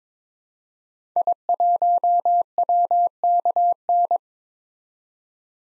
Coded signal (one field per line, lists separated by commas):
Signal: Morse code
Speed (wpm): 22 wpm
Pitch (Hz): 700 Hz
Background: none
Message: I1WKN